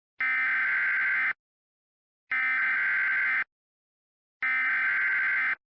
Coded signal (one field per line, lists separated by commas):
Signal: Emergency Alert System (SAME) tones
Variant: header bursts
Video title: *VALID TONES* Hurricane Jerry: Great Lakes Monster (EAS Scenario)